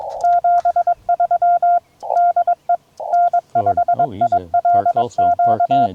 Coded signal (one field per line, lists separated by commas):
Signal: Morse code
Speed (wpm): 21 wpm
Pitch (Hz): 690 Hz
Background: none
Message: 73 DE N5ILQ